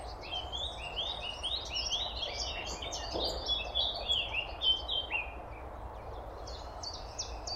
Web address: SETE Sylvia atricapilla